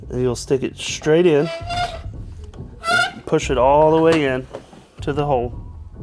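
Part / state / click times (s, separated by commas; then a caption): waste toner container into the copier's front compartment / not seated / none. A new plastic waste toner container is pushed straight into its slot in the front compartment of a Xerox AltaLink C8000 Series copier while someone talks throughout, with only faint handling ticks around 2.4 s and 2.5 s. The clip ends before the container goes home, so nothing has seated or clicked yet.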